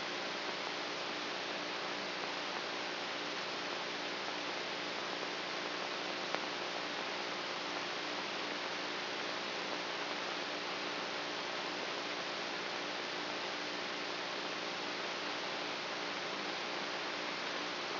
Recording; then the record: brain microelectrode recording played as sound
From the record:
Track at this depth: inside the subthalamic nucleus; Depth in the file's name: 3.004 mm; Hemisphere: right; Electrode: 3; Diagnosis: Parkinson's disease